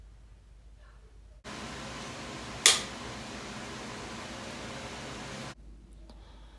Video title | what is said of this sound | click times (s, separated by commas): SmartPlug ShorePower 30 Amp Installation Part 1 | to the very front to make the final connection you'll hear a click | 2.7 s